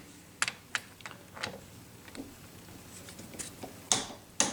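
A click-type torque wrench tightens another tail shaft housing bolt on a Triumph Spitfire 1500 single rail gearbox, set to 20 ft-lbs. Sharp handling taps and knocks come first, then the wrench clicks at 3.9 s and 4.4 s, confirming the bolt is good.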